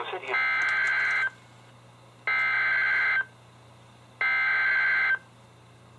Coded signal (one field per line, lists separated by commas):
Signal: Emergency Alert System (SAME) tones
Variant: header bursts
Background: speech